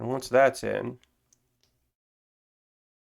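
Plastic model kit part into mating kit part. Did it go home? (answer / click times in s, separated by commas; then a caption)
yes / 1.3 s, 1.6 s. Someone talks, then two plastic parts of a Millennium Puzzle model kit are pushed together for the first puzzle piece, piece 1 of 33. Small sharp clicks come at 1.3 s and 1.6 s as one part locks into the other, followed by silence. The part is seated.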